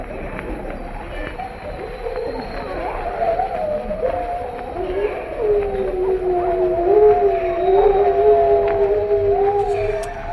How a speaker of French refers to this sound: Voilà ces hurlements de loup de Sibérie glaçant.